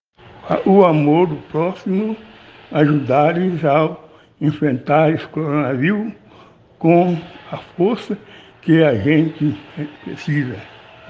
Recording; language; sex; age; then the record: spoken sentence; Brazilian Portuguese; male; 70 to 79 years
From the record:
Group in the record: respiratory insufficiency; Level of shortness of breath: 5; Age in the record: 73 years